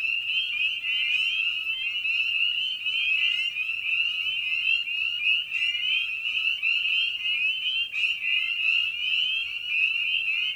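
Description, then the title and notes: Spring peepers calling in a dense chorus, many high rising peeps overlapping into a continuous shrill ringing. Evening at a frog pond. "Episode 5: Night of the Peepers. we return to the frog pond for a meditative evening. Spring Peeper (Pseudacris crucifer). Ian Carlsen"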